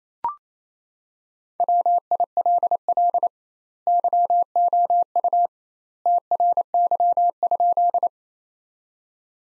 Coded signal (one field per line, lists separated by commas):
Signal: Morse code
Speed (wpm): 27 wpm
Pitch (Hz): 700 Hz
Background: none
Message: WILL YOU TRY?